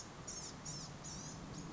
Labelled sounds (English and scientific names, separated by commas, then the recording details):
Blue-gray Gnatcatcher (Polioptila caerulea)
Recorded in Sonoma County, California